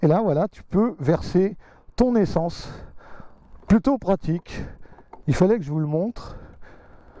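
On a Can-Am Ryker 600 three-wheeled motorcycle, a man talks while handling the small fuel funnel (likely plastic) to stow it back into its storage spot. The clip ends before the funnel is pushed home, so nothing has seated or clicked yet.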